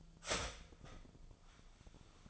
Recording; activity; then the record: daily activity, microphone in the room; start toaster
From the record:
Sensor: 5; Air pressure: 1009.4 hPa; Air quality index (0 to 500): 168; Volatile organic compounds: 4 ppm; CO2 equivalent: 1625 ppm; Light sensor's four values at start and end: 87/233/94/99 and 88/234/95/100